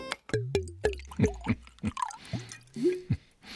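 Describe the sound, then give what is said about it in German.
A drink glugs out of a bottle into a glass in a quick run of bubbly gulps, each a short rising gurgle, with splashy liquid noise filling the gaps. No one speaks. “Ich misstraue einem Mann, der beim Einschenken genug sagt.”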